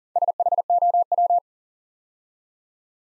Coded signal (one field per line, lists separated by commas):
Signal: Morse code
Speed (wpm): 42 wpm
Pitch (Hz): 700 Hz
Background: none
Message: SHOW